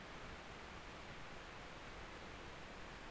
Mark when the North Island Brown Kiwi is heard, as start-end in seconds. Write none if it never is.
none